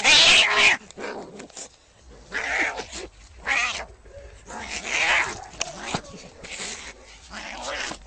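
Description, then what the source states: Domestic cat hissing: a loud opening hiss followed by several shorter, breathy, harsh bursts with quieter gaps between them. Angry cat.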